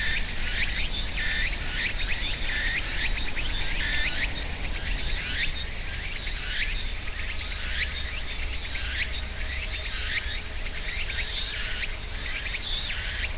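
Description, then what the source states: Cicadas sing rapid, repeated upward-swooping phrases over a continuous high insect drone, accompanied by constant low rumble from traffic or machinery. Cicadas with other insects at end of summer, ornamental cherry trees between small river and residential neighborhood, Japan, about 13:00; traffic and rice harvester audible; Sony PCM-M10, EM172 mics, quasi-binaural on tree trunk.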